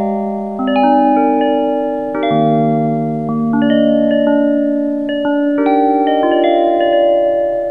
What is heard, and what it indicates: Widex ZEN Melodie Lavender. Widex tinnitus therapy.